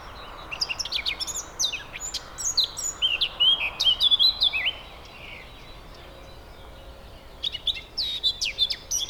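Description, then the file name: Eurasian blackcap singing quick, varied warbling phrases of chirps and slurred whistles, a long burst over four seconds, a pause, then another burst near the end. "Sylvia atricapilla"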